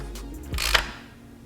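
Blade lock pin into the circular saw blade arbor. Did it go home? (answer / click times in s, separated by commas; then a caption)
yes / 0.8 s. A small blade-lock lever at the front of a circular saw is held down while the blade is turned by hand. The lock pin drops into the metal arbor with a sharp snap at 0.8 s, engaging the lock. The blade is now locked in place.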